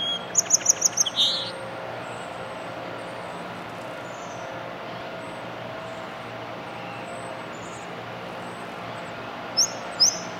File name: Song Sparrow Song